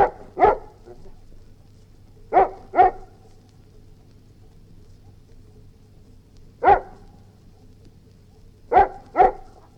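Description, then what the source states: Golden Retriever barks: quick doubled woofs with a long silent gap in the middle, then a single bark and another pair, a low hum underneath. Golden Retriever growling.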